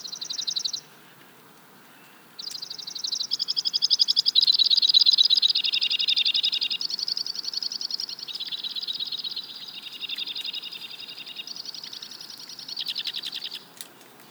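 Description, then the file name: White-winged crossbill with a brief trill, a pause, then an extended run of rapid, rattling trills that change pitch and speed from segment to segment. "White-winged Crossbill - Loxia leucoptera"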